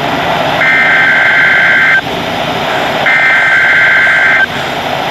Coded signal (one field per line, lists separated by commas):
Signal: Emergency Alert System (SAME) tones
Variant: header bursts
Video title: EAS #464-467 - Required Weekly Tests